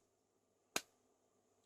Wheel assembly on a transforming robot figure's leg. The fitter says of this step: pull them till they snap out like that, and